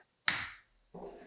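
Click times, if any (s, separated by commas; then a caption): 0.3 s. A plastic roof-rack adapter for a Yakima LockNLoad Platform roof rack on a Subaru Crosstrek is pushed into the roof rack tower housing. It snaps in with a single sharp, loud, bright hit at 0.3 s that rings out briefly, followed by a softer, duller sound at about 1.0 s. The adapter is seated in the tower.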